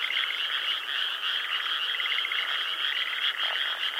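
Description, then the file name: Frog: a thick chorus of frogs, overlapping rattling trills blending into a steady high drone without pause. Frogs at the Mabechigawa River. "ANIMALS FROGS MABECHIGAWA RIVER"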